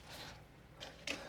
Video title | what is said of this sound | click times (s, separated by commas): How I spent $2,000 modifying my girlfriend's BMW E82 128i | lo vas a introducir lentamente hasta que haga clic. Más o menos. | 1.1 s